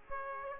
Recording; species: mosquito wingbeat signal from an infrared sensor; Aedes aegypti